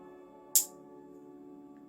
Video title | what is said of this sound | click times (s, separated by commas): Wise Block: Transforming Frosteon (avec Zack) partie 1 | là on a entendu le clic donc ça c'est bon | 0.6 s